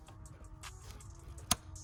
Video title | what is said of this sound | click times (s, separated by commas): MHD Flex Fuel Kit Simple Install B58 gen1 - 340i, 440i, 540i etc.. | There, y'all heard the click too. | 1.5 s